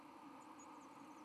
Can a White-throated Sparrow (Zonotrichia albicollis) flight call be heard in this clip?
no